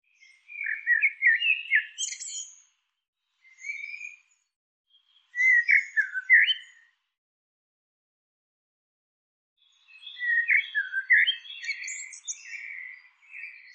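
Bird calling in four chattering bouts of twittery, squeaky notes, separated by pauses of one to a few seconds, with no other sounds.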